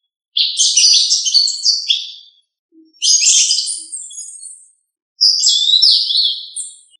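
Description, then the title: Thrush song: three bright, warbled phrases of quick slurred and twisting high notes, each about two seconds long, separated by short pauses; no other sounds. "Familia Turdidae - Sabia"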